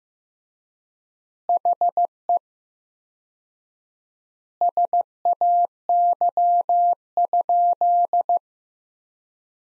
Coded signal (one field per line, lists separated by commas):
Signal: Morse code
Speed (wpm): 15 wpm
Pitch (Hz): 700 Hz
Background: none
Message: HE SAY?